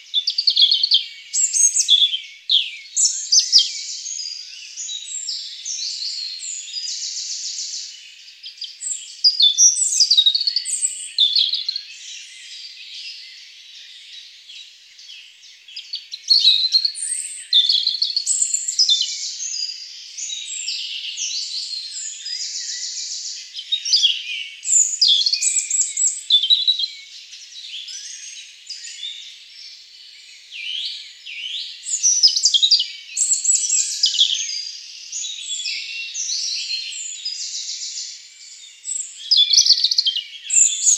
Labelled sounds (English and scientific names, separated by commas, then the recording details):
European Robin (Erithacus rubecula) song
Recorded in the wild
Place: Waltershofen / Freiburg im Breisgau, Baden-Württemberg, DE
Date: 1996-06-21
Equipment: Dat-Recorder Casio DA 7, Telinga DAT, Telinga-Parabolspiegel
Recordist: Schwarz, Dieter
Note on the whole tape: Song